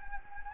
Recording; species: mosquito wingbeat signal from an infrared sensor; Anopheles gambiae